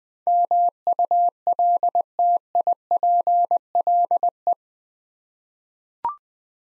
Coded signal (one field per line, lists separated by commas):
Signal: Morse code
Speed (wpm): 20 wpm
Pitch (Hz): 700 Hz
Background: none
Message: MULTIPLE